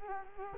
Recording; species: mosquito wingbeat signal from an infrared sensor; Culex quinquefasciatus